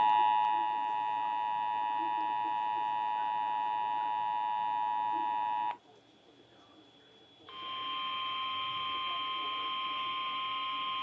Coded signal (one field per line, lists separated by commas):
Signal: Emergency Alert System (SAME) tones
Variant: 853 and 960 Hz attention tone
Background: speech